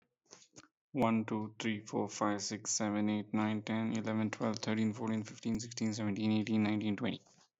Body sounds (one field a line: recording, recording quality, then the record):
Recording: counting at a fast pace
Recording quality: excellent, no background noise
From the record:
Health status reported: healthy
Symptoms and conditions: breathing difficulty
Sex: male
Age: 25 years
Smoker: yes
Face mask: not worn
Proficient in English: yes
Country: India